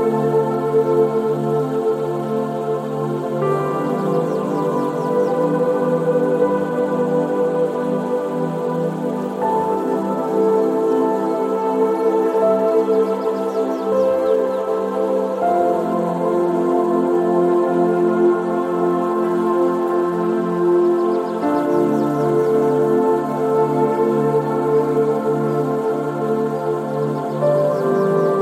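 Gentle sleep music made of soft, sustained chords that hold steady and shift to new ones roughly every six seconds. The level stays even throughout, with a faint, light patter sitting quietly beneath the warm, mid-pitched tones.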